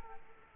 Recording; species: mosquito wingbeat signal from an infrared sensor; Aedes aegypti